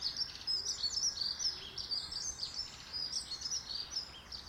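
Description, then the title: Birds singing in a busy chorus of high, rapid chirps and twitters that overlap continuously, with a steady low background hiss. Recorded in a garden. "Birds Sounds in the Garden"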